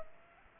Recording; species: mosquito wingbeat signal from an infrared sensor; Aedes aegypti